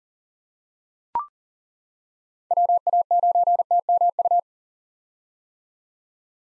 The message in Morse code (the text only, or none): WA9TMU